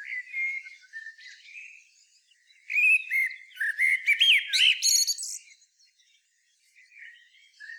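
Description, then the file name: Common blackbird: quiet warbles, then a loud, fast phrase of flutey notes and high chattering twitters, fading back to soft notes. "Turdus merula"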